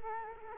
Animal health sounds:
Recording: mosquito wingbeat signal from an infrared sensor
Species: Culex quinquefasciatus

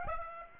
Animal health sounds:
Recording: mosquito wingbeat signal from an infrared sensor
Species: Aedes aegypti

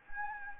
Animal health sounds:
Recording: mosquito wingbeat signal from an infrared sensor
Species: Anopheles gambiae

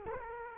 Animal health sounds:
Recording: mosquito wingbeat signal from an infrared sensor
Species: Culex quinquefasciatus

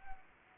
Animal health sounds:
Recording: mosquito wingbeat signal from an infrared sensor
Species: Anopheles gambiae

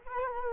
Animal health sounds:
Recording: mosquito wingbeat signal from an infrared sensor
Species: Culex quinquefasciatus

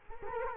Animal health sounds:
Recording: mosquito wingbeat signal from an infrared sensor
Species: Culex quinquefasciatus

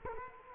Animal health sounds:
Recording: mosquito wingbeat signal from an infrared sensor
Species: Culex quinquefasciatus

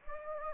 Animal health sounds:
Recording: mosquito wingbeat signal from an infrared sensor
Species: Anopheles gambiae

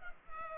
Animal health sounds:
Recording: mosquito wingbeat signal from an infrared sensor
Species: Culex pipiens

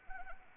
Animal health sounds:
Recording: mosquito wingbeat signal from an infrared sensor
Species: Anopheles arabiensis

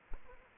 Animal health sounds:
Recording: mosquito wingbeat signal from an infrared sensor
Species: Aedes aegypti

